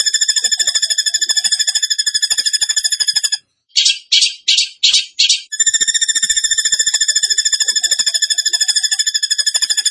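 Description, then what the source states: Bird song: long, fast, steady high trill, interrupted midway by a few separate buzzy bursts, then the same rapid trill continues. Masteran (training recording) of bird song in tembakan gacor style.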